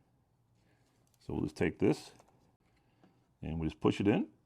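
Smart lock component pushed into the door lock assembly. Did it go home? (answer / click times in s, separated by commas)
no / none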